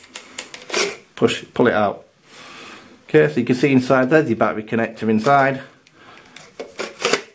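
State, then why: Seated. Someone talks as the flight battery of a Holystone HS700 drone is pushed into the back battery compartment of the plastic drone body, right after the battery connector inside is shown. A pair of short, sharp clicks lands at about 7.1 s as the battery seats and locks into place.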